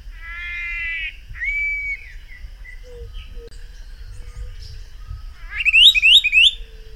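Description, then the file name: Helmeted manakin calls: a buzzy harmonic note opens, then a thin whistle, and near the end three loud hooked, slurred notes in quick succession. "Antilophila galeata BMelg MT. ASilveira"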